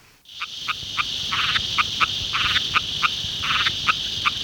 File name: Litoria latopalmata